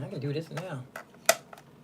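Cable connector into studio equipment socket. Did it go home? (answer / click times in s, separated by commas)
yes / 1.3 s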